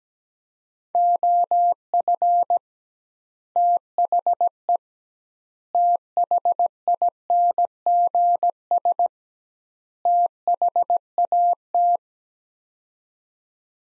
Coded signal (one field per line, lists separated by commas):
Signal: Morse code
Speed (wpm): 17 wpm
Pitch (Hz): 700 Hz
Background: none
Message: OF THE THINGS THAT